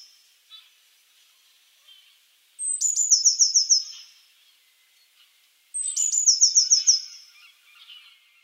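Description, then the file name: Eurasian blue tit gives two high thin notes each running into a rapid trill, about three seconds apart, with faint soft chips in the background. "Cyanistes caeruleus"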